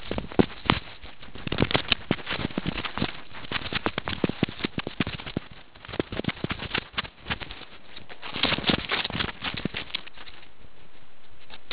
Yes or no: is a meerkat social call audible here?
no